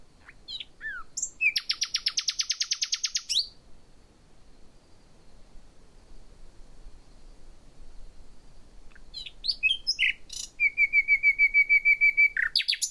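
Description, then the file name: Common nightingale song: a few brief notes, then a loud rapid buzzy trill, several seconds of quiet, then varied chirps and a run of rapid repeated whistled notes. "Luscinia megarhynchos"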